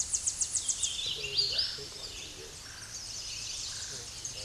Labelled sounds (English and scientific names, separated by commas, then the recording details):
Hooded Warbler (Setophaga citrina) song
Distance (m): 20 m
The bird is about 5 m above the microphone
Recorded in a Pennsylvania forest on 16 May 2024 at 08:18
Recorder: AudioMoth, point MSD-1293
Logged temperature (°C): 12.0 °C
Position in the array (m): 55 m, 173 m